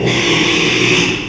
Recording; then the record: squeal of a Yucatan mini pig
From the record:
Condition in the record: after surgery on the right vocal fold (resection and tissue-engineered implant); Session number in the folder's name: 1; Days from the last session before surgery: 6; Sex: male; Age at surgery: 12 weeks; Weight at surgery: 13 kg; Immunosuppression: cyclosporine, prednisolone